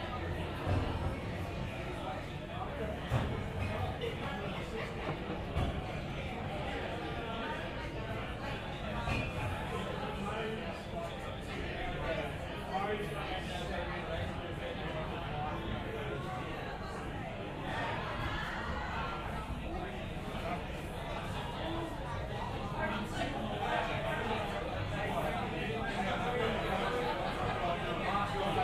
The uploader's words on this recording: City Pub Ambience - Sydney, Australia. This week, we're still in Sydney, in the Gallon Pub, right in the city centre! It's recorded using two microphones placed as if they were human ears.